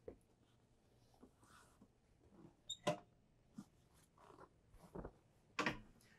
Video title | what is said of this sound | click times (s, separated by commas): 2024 Bay Star Sport Operational Overview. | and you can hear it lock back into place | 5.6 s, 5.7 s